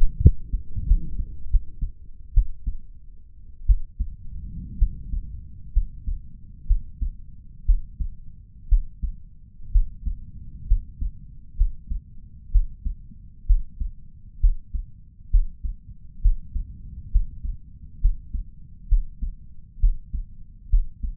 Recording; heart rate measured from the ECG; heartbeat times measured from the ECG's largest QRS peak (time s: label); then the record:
heart sounds by stethoscope; 64 bpm
0.22 s: heartbeat
0.87 s: heartbeat
1.50 s: heartbeat
2.33 s: heartbeat
3.66 s: heartbeat
4.78 s: heartbeat
5.73 s: heartbeat
6.67 s: heartbeat
7.65 s: heartbeat
8.68 s: heartbeat
9.72 s: heartbeat
10.67 s: heartbeat
11.57 s: heartbeat
12.51 s: heartbeat
13.46 s: heartbeat
14.40 s: heartbeat
15.30 s: heartbeat
16.21 s: heartbeat
17.11 s: heartbeat
18.01 s: heartbeat
18.88 s: heartbeat
19.80 s: heartbeat
20.69 s: heartbeat
From the record:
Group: healthy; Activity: rest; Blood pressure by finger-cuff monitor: 173/113 mmHg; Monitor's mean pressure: 129 mmHg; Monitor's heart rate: 64 bpm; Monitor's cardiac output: 4.8 L/min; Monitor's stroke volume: 75 mL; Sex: male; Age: 35 years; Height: 178 cm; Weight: 64 kg